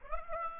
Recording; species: mosquito wingbeat signal from an infrared sensor; Aedes aegypti